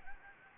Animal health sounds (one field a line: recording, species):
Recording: mosquito wingbeat signal from an infrared sensor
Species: Anopheles gambiae